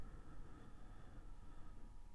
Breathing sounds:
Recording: one breath near a microphone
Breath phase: exhalation

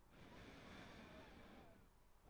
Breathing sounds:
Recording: one breath near a microphone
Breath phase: inhalation

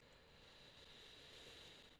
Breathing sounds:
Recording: one breath near a microphone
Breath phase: inhalation

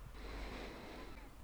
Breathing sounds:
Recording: one breath near a microphone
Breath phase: inhalation

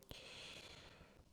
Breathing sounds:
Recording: one breath near a microphone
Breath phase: inhalation

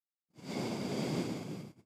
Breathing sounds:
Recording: one breath near a microphone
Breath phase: exhalation

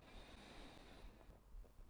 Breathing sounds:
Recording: one breath near a microphone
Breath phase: inhalation

